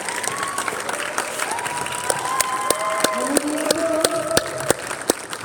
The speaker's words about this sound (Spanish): Un fuerte aplauso para ellas, por favor.